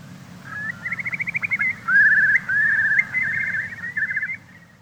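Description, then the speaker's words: Eurasian curlew song: a quick series of rising whistled notes running into a long bubbling trill, then rapid repeated notes fading out. "Oh, that's the curlew. My goodness, I'd forgotten about that."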